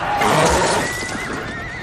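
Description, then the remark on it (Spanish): A horse lets out one loud, drawn-out whinny, starting with a rough, breathy burst and trailing into a high, quavering tone that wavers until the end. No one speaks. “Cayó de su caballo y entró en la leyenda.”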